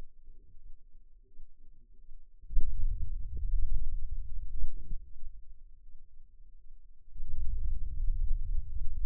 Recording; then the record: forearm muscle sounds (acoustic myography)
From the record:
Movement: hand opening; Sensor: system 2, bracelet of six BSWA MPA416 microphones around the upper forearm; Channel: 1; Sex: male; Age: 22 years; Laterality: right